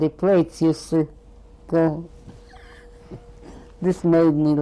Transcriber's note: chuckles